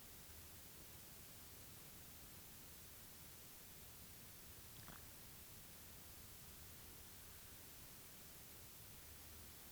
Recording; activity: daily activity, guitar pickup as the sensor; drink water